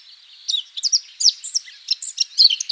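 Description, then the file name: Eurasian blackcap song, a fast jumble of bright whistled and scratchy notes. "Sylvia atricapilla"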